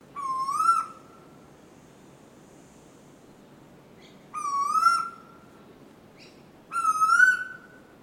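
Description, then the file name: Bird calls: three loud, drawn-out whistled notes with a rising, rich-toned quality, each under a second long, spaced a few seconds apart over soft background hiss. Recorded at Noosa. "BIRD UNKNOWN 04 NOOSA CALL"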